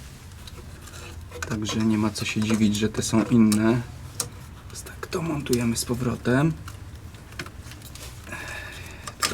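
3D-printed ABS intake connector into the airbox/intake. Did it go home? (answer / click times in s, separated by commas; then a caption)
yes / 9.2 s. A 3D-printed ABS intake connector is refitted into the airbox/intake on a Mazda MPS while someone talks, with light handling clicks and rustles in between. A rim at its start can make fitting difficult, and it snaps into place with a sharp click at 9.3 s.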